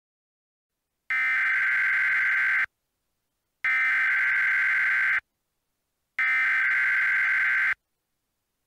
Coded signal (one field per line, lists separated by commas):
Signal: Emergency Alert System (SAME) tones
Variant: header bursts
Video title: EAS Mock Scenario: The Largest High Risk for Severe Weather Ever Issued (May 30th, 2004)